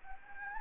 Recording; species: mosquito wingbeat signal from an infrared sensor; Anopheles gambiae